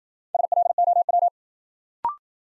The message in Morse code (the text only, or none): SLOW